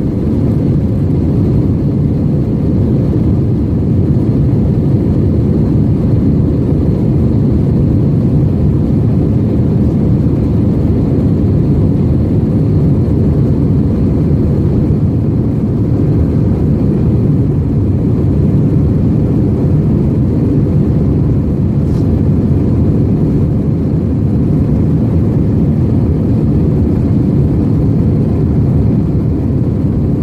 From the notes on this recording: a Plane flying with a storm